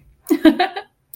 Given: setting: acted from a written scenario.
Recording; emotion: vocal sound without words; amusement